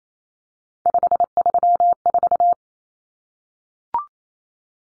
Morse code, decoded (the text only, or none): 534